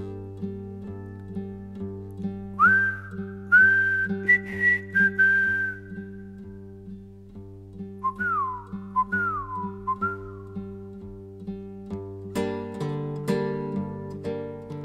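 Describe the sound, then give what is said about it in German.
A whistled refrain of a soldiers' song, used as a secret recognition whistle, rises and glides in clear, bright phrases over a steady, droning instrumental backing, with a pause mid-tune before a second, wavering whistled line, its last notes whistled askew, and a fuller burst of accompaniment at the end. “Aber die letzten Töne wurden quer gepfiffen.”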